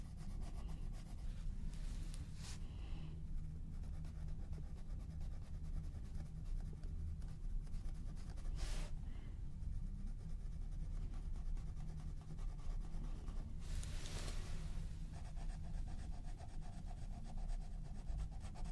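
Colouring pencil strokes scratch and rub continuously over a steady low hum, with brief brighter scrapes around 2, 9 and 14 seconds.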